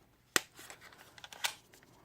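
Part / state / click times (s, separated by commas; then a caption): folding arm into its lock on a foldable quadcopter body / seated / 0.4 s. The folding arm of a small plastic foldable quadcopter is unfolded and pushed into its lock until the lock button engages, giving a sharp click at 0.4 s. Softer handling ticks follow, with another fainter click near 1.5 s. The arm locks into place.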